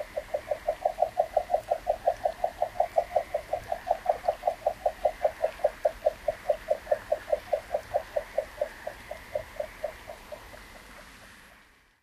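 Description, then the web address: Columbia spotted frog calling in a long run of rapid, evenly spaced low pulses, fading out near the end. Recorded in North America. "Songs of Frogs Toads of North America. Columbia Spotted Frog"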